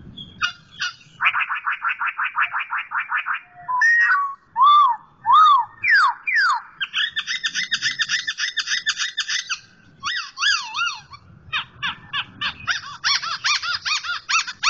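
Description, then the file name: Black-throated laughingthrush song: a fast buzzy trill, looping whistled notes, then long stretches of rapid repeated whistles and chattering phrases. Indonesian title calls it poksay hongkong and labels the sound as its 'tarian' (dance) song. "suara tarian poksay hongkong"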